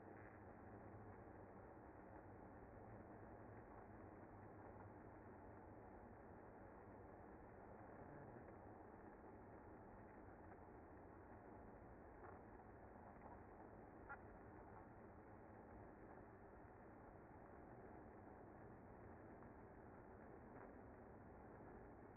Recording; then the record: honeybee colony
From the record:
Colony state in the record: active